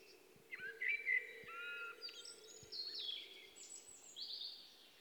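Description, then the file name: Common blackbird song: a brief whistled opening, then a string of thin, high, squeaky twittering notes over a faint steady hum. "Turdus merula"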